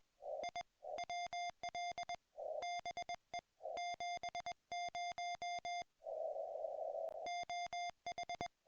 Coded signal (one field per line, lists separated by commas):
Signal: Morse code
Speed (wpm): 20 wpm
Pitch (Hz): 2100 Hz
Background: music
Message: I WL BE 70 OH